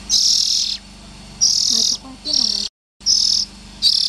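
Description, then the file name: Oriental magpie-robin harsh calls: loud buzzy rasping bursts about half a second long, repeated irregularly, with a brief silent gap. Young birds. "Tieng chim chich choe than non"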